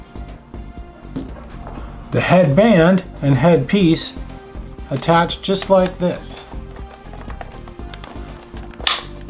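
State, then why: Seated. A plastic headband and head piece are attached to a DJI FPV goggle eyepiece while someone talks. Sharp, short clicks at 7.4 s and 8.9 s mark the headband strap clicking into place, seated on the eyepiece.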